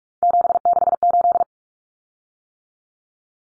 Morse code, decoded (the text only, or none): 768